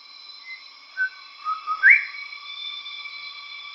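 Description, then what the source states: Bird whistles: a few short clear notes stepping lower, then a quick upslurred whistle, over a steady high droning hum. Recorded in Papua New Guinea.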